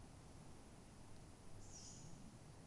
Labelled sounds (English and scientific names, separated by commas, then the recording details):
Tawny Owl (Strix aluco)
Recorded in Germany
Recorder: ecoPi